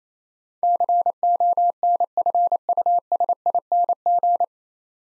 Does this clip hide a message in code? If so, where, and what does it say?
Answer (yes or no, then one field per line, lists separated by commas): yes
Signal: Morse code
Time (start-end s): 0.6-4.4 s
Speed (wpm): 28 wpm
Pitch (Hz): 700 Hz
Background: none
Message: CONFUSING